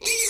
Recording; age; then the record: pig call; weaner (32 to 43 days)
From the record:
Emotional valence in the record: negative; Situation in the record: short isolation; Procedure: open field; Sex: female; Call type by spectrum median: high-frequency call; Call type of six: high-frequency stable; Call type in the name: high-frequency stable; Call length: 0.30 s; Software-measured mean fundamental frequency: 495 Hz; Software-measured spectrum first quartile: 2763 Hz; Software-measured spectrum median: 5627 Hz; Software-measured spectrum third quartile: 7957 Hz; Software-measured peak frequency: 2363 Hz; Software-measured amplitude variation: 129 dB a second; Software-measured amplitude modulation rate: 11.7 a second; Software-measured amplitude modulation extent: 11.0 dB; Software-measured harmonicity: 3.2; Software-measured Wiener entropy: -2.14